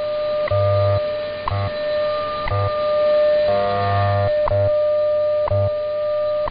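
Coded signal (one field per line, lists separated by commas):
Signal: radio time signal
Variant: WWV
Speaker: providing time of day, standard time interval, and other related information.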